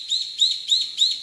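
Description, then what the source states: Brown-eared bulbul calls: four evenly spaced, high squeaky notes that each rise slightly, delivered quickly one after another. Recorded on Kamishima island, Mie Prefecture, Japan.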